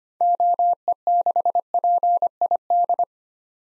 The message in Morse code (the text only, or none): OE6PID